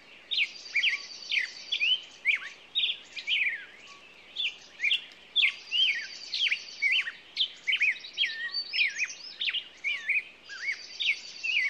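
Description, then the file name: Songbird song: quick chirps and looping whistles with a recurring buzzy trill, phrases following each other closely with a short lull around four seconds. Morning songbird chorus, presented as nature ambiance. "Echoes Of Nature-Morning Songbirds"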